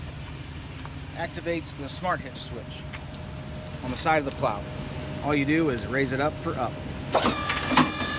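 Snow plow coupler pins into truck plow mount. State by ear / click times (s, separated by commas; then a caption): not seated / none. Someone talks while a Boss snow plow is handled for hook-up to a truck plow mount: the smart hitch switch on the side of the plow is used to raise it hydraulically so its spring-loaded steel coupler pins can pop into the holes on the mount. A steady faint tone runs through the speech, and a louder broadband noise starts around 7.2 s and carries to the end. Nothing has seated or clicked yet.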